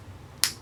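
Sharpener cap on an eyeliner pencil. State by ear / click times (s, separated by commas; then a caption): seated / 0.4 s. The plastic cap of an Avon eyeliner pencil with a built-in sharpener is twisted to sharpen the dull liner, giving one sharp, bright snap at 0.4 s against a quiet low hum. The cap has snapped into place as intended.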